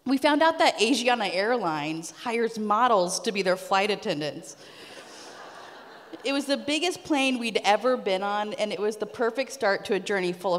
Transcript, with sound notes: We found out that Asiana Airlines hires models to be their flight attendants. (laughter) It was the biggest plane we'd ever been on, and it was the perfect start to a journey full of.